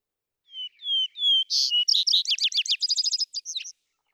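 Vesper sparrow: three whistled introductory notes, then a loud note and a long, fast, twittering trill finishing with two short notes. Nothing else audible.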